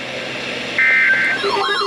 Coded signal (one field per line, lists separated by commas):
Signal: Emergency Alert System (SAME) tones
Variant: end-of-message bursts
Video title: I regret calling this event a bust | EAS Alerts From 2/22/2023 (EAS #1,830-1,849)